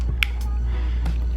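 A red plastic start/stop engine button for a BMW F30 is pressed by hand into its plastic dashboard switch housing, facing upright, and snaps in with one sharp click at 0.2 s. Fainter short sounds follow at about 0.4, 1.1 and 1.4 s over a steady low hum. The button seats, but one of its clips has not snapped fully home.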